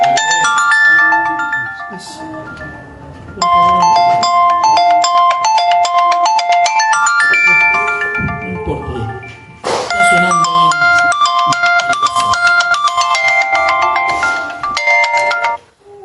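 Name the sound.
mobile phone ringtone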